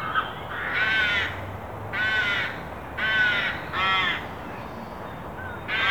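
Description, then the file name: Carrion crow calling: several harsh, raspy caws, with a faint low hum underneath. "Corvus corone"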